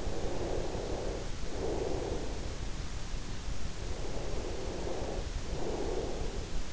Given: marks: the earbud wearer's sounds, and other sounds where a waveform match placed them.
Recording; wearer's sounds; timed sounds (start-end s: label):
sounds in sleep by an in-ear microphone; breath
0.00-2.39 s: breath
4.05-6.41 s: breath